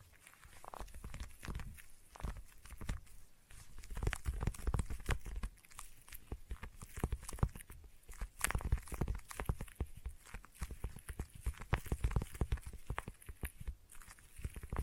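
Intense sticky tapping fills the clip, a dense stream of quick crackling taps and clicks with soft low thumps underneath. The rhythm is fast and irregular, easing briefly a few seconds in, then pressing on just as busy to the end.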